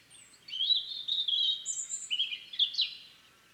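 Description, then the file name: European robin song, a sustained high phrase of liquid warbles, thin whistles and quick trills, shifting pitch up and down throughout. "Erithacus rubecula"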